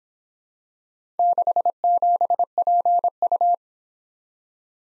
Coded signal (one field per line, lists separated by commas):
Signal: Morse code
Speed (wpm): 25 wpm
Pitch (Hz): 700 Hz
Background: none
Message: 67PU